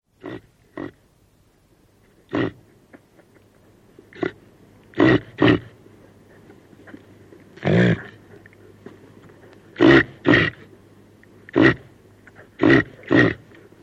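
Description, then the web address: Reindeer grunting: about a dozen short, rough, breathy grunts at uneven intervals, some in close pairs, over a low steady hum. Female reindeer. "el sonido del grunido de un reno hembra"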